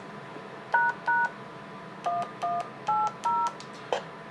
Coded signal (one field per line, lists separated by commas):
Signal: DTMF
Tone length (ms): 200 ms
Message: ## 1180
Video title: Two Way Radio Simplex Repeater